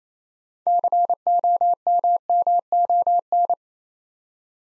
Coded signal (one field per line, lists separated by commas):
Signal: Morse code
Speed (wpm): 29 wpm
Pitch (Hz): 700 Hz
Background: none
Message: COMMON